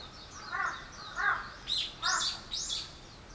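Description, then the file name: Bird calls: three lower hoarse notes mixed with several high arched chirps. "wild bird"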